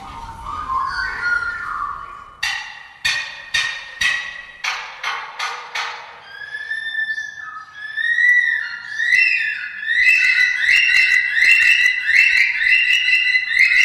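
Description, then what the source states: Lyrebird mimicry: low warbling whistles, then a series of sharp harmonic bursts about twice a second, followed by mixed whistled and chattering phrases. Chuck, a captive lyrebird at Adelaide Zoo who died at about age 34 after choking on pine bark; every sound in the four-minute segment was made by Chuck.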